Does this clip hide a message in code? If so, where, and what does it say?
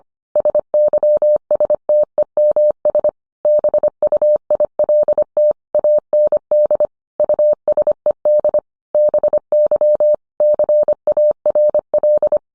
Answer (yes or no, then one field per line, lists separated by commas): yes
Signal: Morse code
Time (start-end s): 0.4-12.4 s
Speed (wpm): 25 wpm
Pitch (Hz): 600 Hz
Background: none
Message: SYSTEMS BUILT AND USED BY CARL